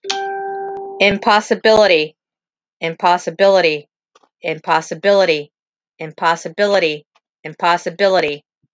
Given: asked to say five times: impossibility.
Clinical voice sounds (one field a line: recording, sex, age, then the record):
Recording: repeated word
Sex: female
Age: 50 to 59 years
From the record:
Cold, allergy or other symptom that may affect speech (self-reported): no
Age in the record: 58 years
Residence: Iowa, United States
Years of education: 12